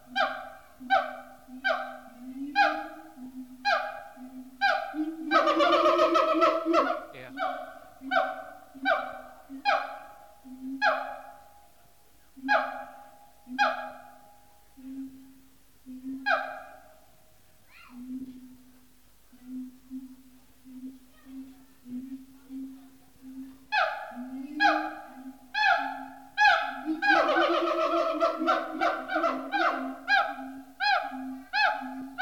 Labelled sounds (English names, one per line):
Siamang